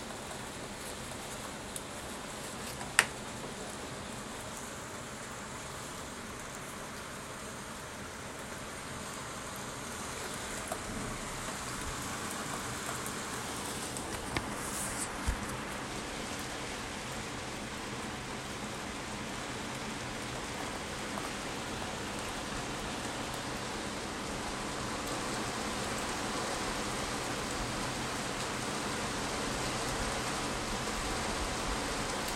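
Heavy rain in Tokyo hisses in a dense, steady wash that builds slightly louder over time, with a few sharp taps near three and fifteen seconds.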